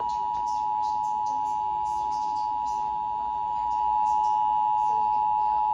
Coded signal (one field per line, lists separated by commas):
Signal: Emergency Alert System (SAME) tones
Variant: 853 and 960 Hz attention tone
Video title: EAS #38 - Required Monthly Test (Endec)